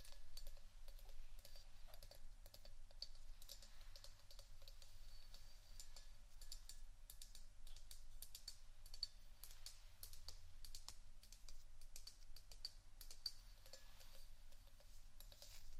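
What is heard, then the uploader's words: Scratching and tapping on various items, heard as a dense, steady run of small dry clicks and scrapes like fast typing. The bright, crisp hits come irregularly but constantly for the whole stretch, over a faint low hum. ASMR Scratchtap On Various Items （No Talking）.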